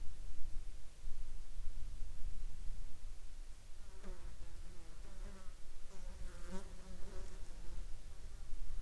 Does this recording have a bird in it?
no